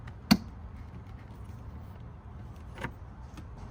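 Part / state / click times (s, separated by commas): heater hose quick connector on the heater core fitting / released / 0.3 s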